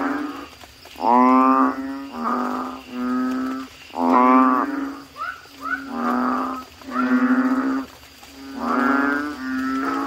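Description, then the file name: Frog giving loud, harsh, nasal bleats in an uneven series, a few notes strained and wavering. "suara kodok bangkong"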